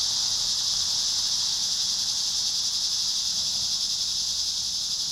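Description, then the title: Cicada chorus giving an even, high, sizzling buzz that never stops or changes in level. Cicadas at Trinity. "neoscenes: cicadas at Trinity"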